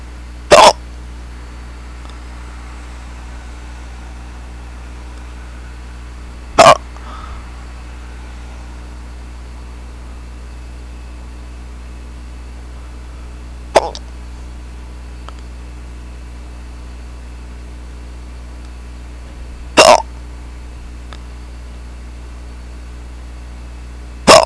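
Sharp, abrupt hiccups from an adult, about every six seconds, roughly ten a minute, over a steady low hum.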